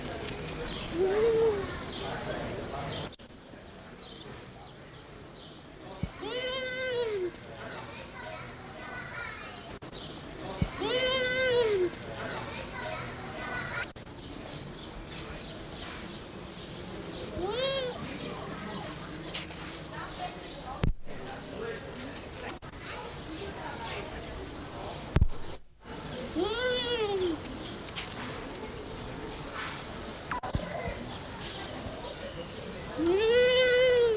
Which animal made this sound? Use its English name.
Bush Dog